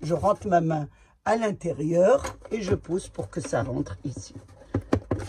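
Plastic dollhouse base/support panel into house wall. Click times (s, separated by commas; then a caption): 4.8 s, 4.9 s, 5.1 s. Someone talks while reaching inside a plastic toy dollhouse and pushing its lower base/support panel, which was not fully inserted, into the house wall. A series of short clacks comes at 4.8, 4.9 and 5.1 seconds as the panel snaps into place. The bottom is seated, fitting together and holding very well.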